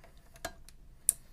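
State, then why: Seated. A plastic RJ45 Ethernet cable plug is pushed into the network port of a Raspberry Pi board to power it on. A few faint ticks around 0.4, 0.5 and 0.7 seconds are followed by a sharp, bright click at 1.1 seconds as the plug latches and seats in the socket.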